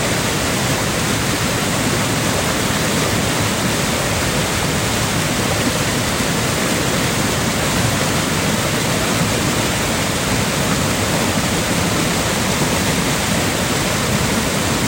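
The roar of the Agura waterfalls pours on without a break, a dense, even rush of falling water that fills everything from a low rumble to a bright hiss. Nothing stands out above it, and the level holds steady from start to finish.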